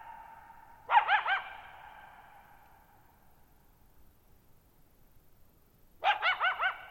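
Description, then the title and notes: Coyote barking call: a short burst of wavering, quavering yips ringing out in a long decaying echo, then silence and a second yipping burst. Lone coyote at night, July 14, 2019, Thirtymile Meadows, Okanogan National Forest, Okanogan High Country, 6400 ft (1950 m); tall sharp mountains on a high, mostly dry plateau; shallow bowl-shaped meadow. "Lone Coyote at Thirtymile Meadows. I spent the night of July 14, 2019, camped near Thirtymile Meadows in the Okanogan National Forest at 6400 ft (1950 m)"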